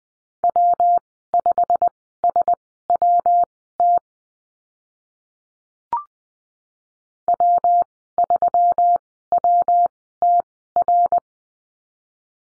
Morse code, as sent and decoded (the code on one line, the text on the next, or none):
.-- ..... ... .-- - / .-- ...-- .-- - .-.
W5SWT W3WTR